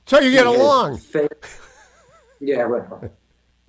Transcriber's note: laughing